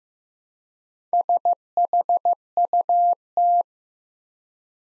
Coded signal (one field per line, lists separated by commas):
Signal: Morse code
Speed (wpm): 15 wpm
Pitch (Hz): 700 Hz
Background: none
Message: SHUT